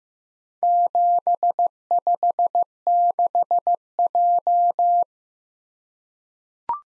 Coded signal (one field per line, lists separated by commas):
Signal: Morse code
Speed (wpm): 15 wpm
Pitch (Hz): 700 Hz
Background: none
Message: 756J